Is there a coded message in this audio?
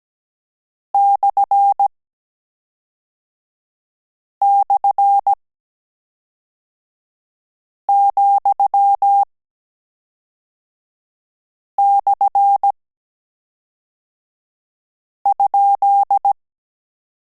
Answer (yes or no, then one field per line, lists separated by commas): yes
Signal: Morse code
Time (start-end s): 0.9-16.3 s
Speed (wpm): 17 wpm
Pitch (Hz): 800 Hz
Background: none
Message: //,/?